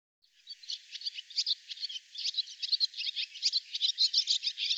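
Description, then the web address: Barn swallow chatter: rapid, uneven, buzzy twitters and clicks that build in loudness over the first second, then continue. "cianscape birddata Deverinetal 2025"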